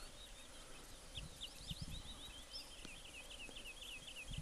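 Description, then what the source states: Wood Sandpiper calls: rapid series of short, sharp high notes repeated several times a second, over a noisy background with low rumbling. Heard for the first time during an early-morning visit to Kiurusuo bog in Kuusamo, adding a species to the bog's list.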